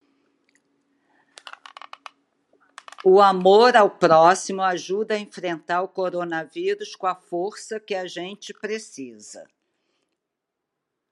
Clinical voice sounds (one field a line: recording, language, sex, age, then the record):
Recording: spoken sentence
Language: Brazilian Portuguese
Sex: female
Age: 70 to 79 years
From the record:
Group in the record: control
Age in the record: 72 years